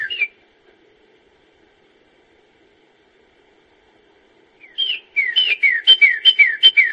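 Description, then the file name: Bird song, a short whistled phrase, then silence, then a fast series of clear falling whistled notes repeated several times. "Bird Song-Sound Bible com"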